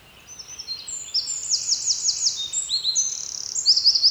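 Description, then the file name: Eurasian wren singing: a fast, piercing run of high notes with a crisp trill in the middle and a rattling trill near the end. "Troglodytes troglodytes"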